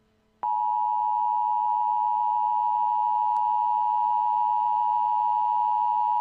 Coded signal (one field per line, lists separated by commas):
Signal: Emergency Alert System (SAME) tones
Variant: 853 and 960 Hz attention tone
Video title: EAS: Blizzard Warning in Denver, CO